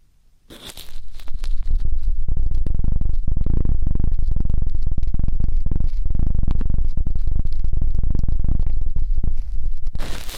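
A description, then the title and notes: Ear cleaning sounds begin after a near-silent half second, then run as dense, continuous scratching and rubbing with a heavy low rumble. Bursts of crinkly, tearing texture come rapidly and irregularly, with a brighter hiss flaring near the start and again at the end. ASMR Intense Electrifying Ear Cleaning.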